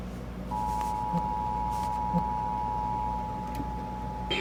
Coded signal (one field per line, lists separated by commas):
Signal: Emergency Alert System (SAME) tones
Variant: 853 and 960 Hz attention tone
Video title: SVR on 10 stations (7/23/22) EAS 1129-1139